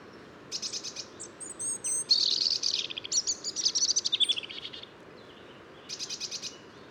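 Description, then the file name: European robin delivering a varied warble of high whistles and fast trills, followed by a short pause and a brief rapid trill. "Erithacus rubecula"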